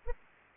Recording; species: mosquito wingbeat signal from an infrared sensor; Anopheles arabiensis